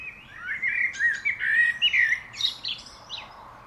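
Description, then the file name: Common blackbird song: a flowing run of rich fluted warbles, mixed with thin, high squeaky twitters near the end. "Turdus merula"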